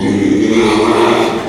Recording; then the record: squeal of a Yucatan mini pig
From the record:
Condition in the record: after surgery on the right vocal fold (resection and tissue-engineered implant); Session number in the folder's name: 2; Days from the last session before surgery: 13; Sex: male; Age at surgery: 12 weeks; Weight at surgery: 13 kg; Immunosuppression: cyclosporine, prednisolone